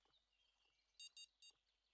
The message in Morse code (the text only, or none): none